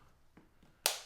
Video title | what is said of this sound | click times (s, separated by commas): EXCELLENT ARAMID CASE!! - Ridge Carbon for iPhone 16 Pro Max | Did you hear those clicks on all four corners? | 0.9 s